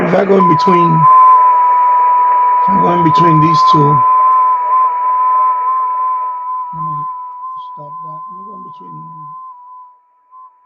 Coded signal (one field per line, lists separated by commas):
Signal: FT8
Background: speech